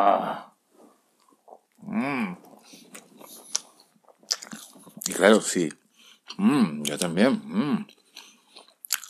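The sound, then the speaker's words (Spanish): Crunchy bites and wet, smacking chewing of churros dipped in chocolate come in short irregular bursts, mixed with brief spoken remarks from a couple of people between mouthfuls. “Y la técnica de comer el churro. Se moja en el chocolate y para adentro.”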